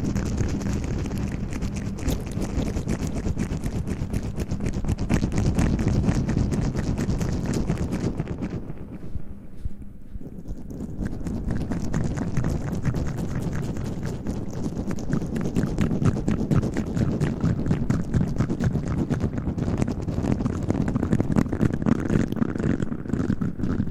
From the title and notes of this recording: ASMR Mouth Sounds and Hand Sounds.